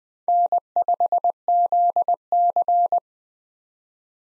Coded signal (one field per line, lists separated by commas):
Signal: Morse code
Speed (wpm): 20 wpm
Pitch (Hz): 700 Hz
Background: none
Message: N5ZC